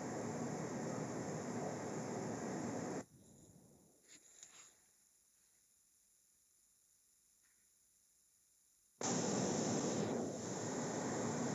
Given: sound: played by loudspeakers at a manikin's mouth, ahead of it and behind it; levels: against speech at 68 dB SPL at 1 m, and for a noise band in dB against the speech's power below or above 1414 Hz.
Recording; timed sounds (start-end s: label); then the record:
test signals for a remote microphone
0.00-3.01 s: speech-spectrum noise from the mouth, turned 45 degrees left
9.01-11.55 s: speech-spectrum noise from the mouth, facing ahead
From the record:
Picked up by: remote microphone A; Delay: 47 ms